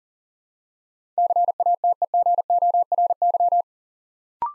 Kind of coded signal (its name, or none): Morse code